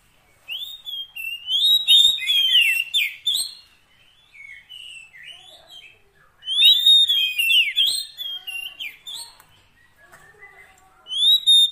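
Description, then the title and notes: Oriental magpie-robin song, loud rising and falling whistles with high notes, a softer stretch, then full song again. Kacer fill-in tutor song of long duration, meant to get the bird singing heavily day and night. "Kacer Jadi Gacor Siang Malam. Isian Kacer Durasi Panjang"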